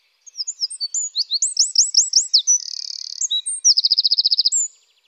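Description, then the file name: Eurasian wren song, a vigorous high-pitched strophe of quick whistled notes and upslurs, followed by a buzzy trill and a fast metallic rattle, ending with a thin whistle. "troglodyte"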